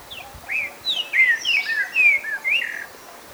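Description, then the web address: Streaked saltator song: a quick run of clear whistled, slurred notes, some rising and some falling. Ecuador. "S America Birds of Ecuador. Streaked Saltator"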